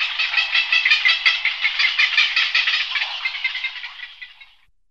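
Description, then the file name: Little egret making a continuous rough, bubbling gargle of rapid pulses, steady at first and then fading away over the last second. "garzetta"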